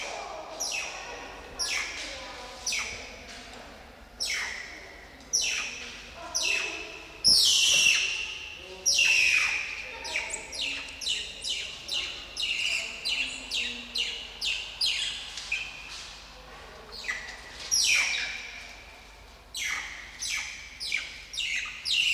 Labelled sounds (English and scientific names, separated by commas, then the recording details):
Banded Mongoose (Mungos mungo)
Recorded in captivity
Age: adult
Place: Zoo Halle, Sachsen-Anhalt, DE
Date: 1993-04-24
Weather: heiter, 16-24 °C
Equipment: Sony WM-D6C, Sony ECM-939 LT, Kopie Uher Variocord 263
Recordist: Tembrock, Günter